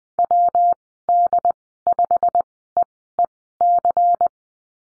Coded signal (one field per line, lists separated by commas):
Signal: Morse code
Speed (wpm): 20 wpm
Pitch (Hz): 700 Hz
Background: none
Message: WD5EEC